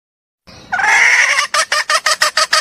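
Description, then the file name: Junglefowl giving one long, grating squawk followed at once by a fast run of short clucks. Female junglefowl calling to solicit mating. "suara ayam hutan betina minta kawin"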